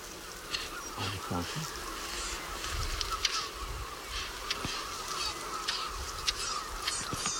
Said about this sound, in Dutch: Ik hoor ze tikken. Ja, je hoort er meerdere vogels tikken, dus dit moet dat familietje zijn. Dus aan de achterkant van deze grote eerste struik. Ja, een meter of 8 afstand, denk ik.